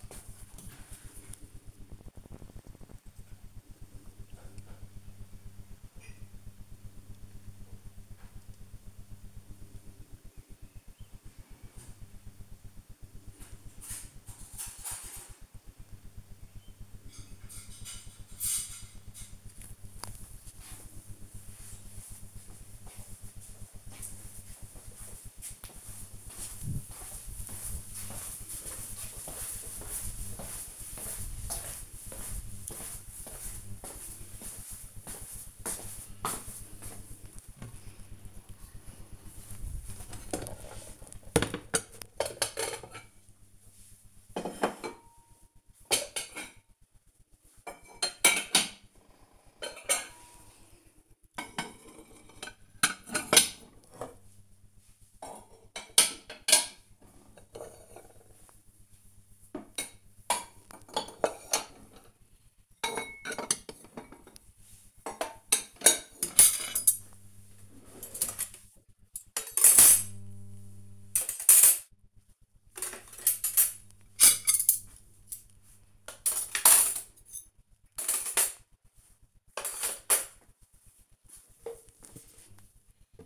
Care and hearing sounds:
household activities, microphone on the right wrist
36.50-83.26 s: putting away the dishes

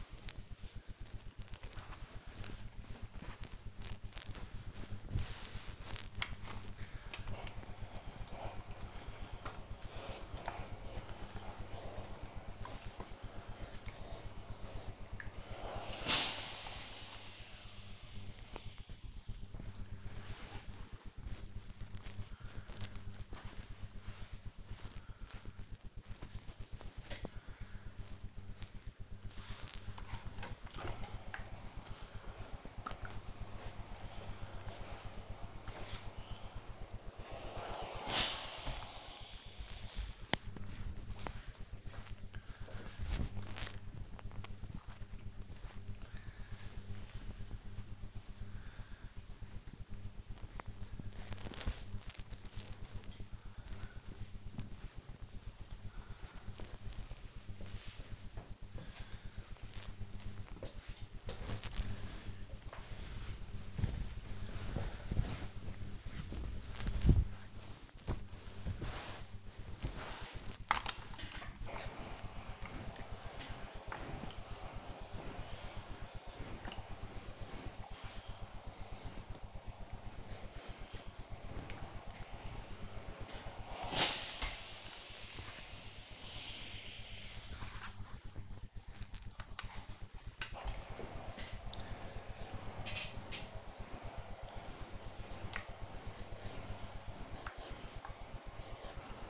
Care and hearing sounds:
household activities, microphone on the right wrist
0.00-52.33 s: ironing laundry
67.44-99.30 s: ironing laundry

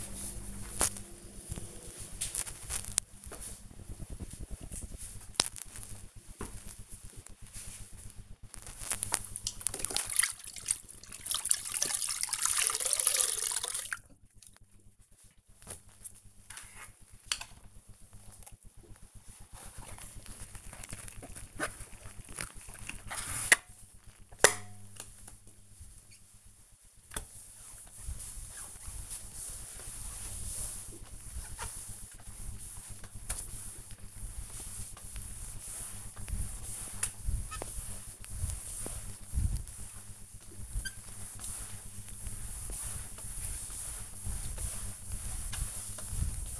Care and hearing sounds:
household activities, microphone on the right wrist
8.43-46.60 s: floor cleaning

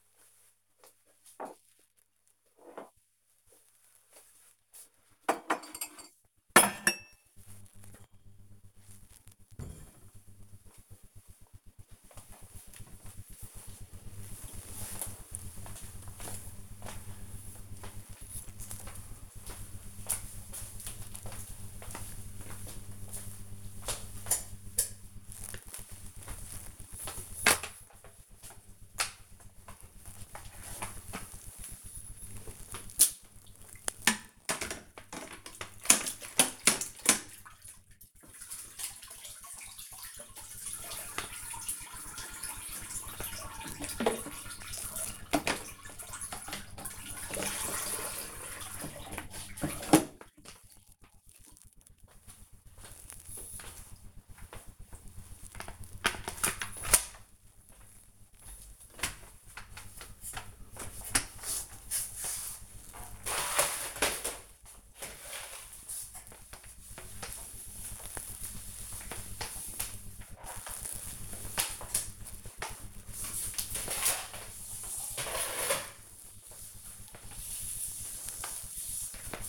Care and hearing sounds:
household activities, microphone on the right wrist
0.00-10.43 s: putting away the dishes
29.57-79.49 s: floor cleaning

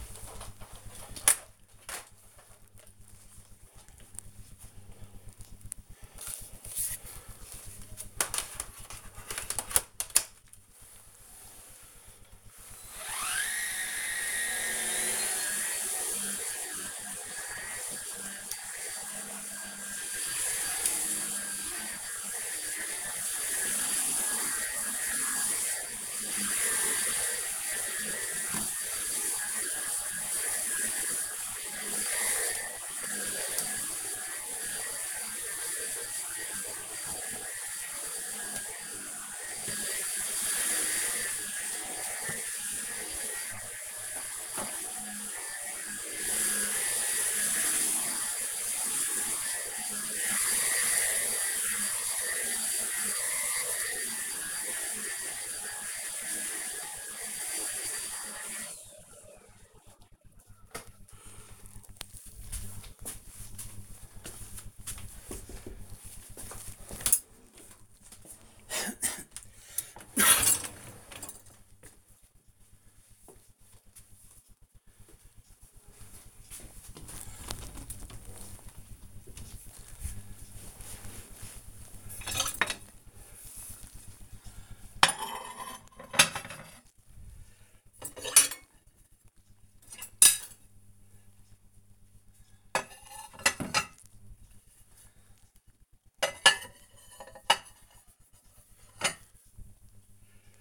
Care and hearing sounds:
household activities, microphone on the right wrist
12.67-57.86 s: vacuum cleaning
66.90-100.61 s: cleaning out the dishwasher

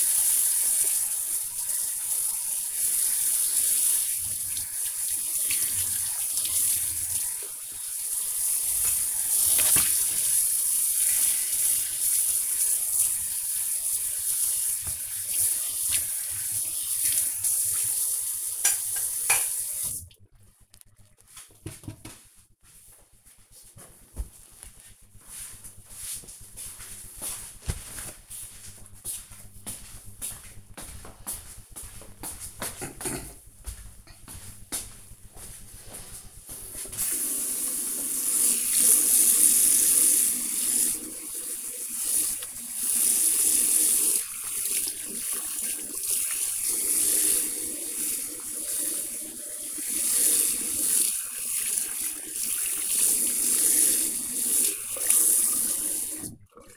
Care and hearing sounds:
household activities, microphone on the right wrist
0.00-20.07 s: washing dishes
37.19-56.77 s: washing hands

